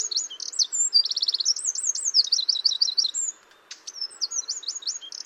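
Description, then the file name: Eurasian wren delivering a loud, piercing song of rapid trills and wavering whistles, a brief pause, then a fresh burst of high notes. "Troglodytes troglodytes"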